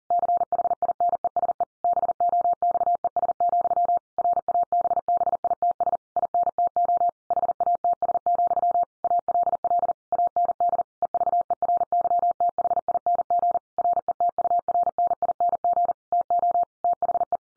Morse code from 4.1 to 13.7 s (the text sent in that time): RABBITS INTO HATS, ALL AND EVERYTHING